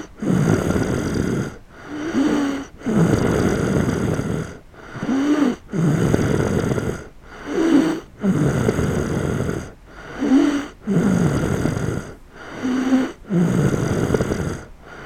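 An adult sleeper snoring at night, with rhythmic, repeating snores and brief quieter pauses between them. Recorded in Die in August 2008.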